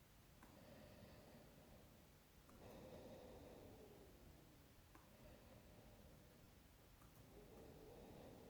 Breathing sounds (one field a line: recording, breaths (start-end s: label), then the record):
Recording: nose breathing near a microphone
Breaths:
0.31-2.35 s: inhalation
2.35-4.81 s: exhalation
4.81-6.88 s: inhalation
6.88-8.50 s: exhalation
From the record:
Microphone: phone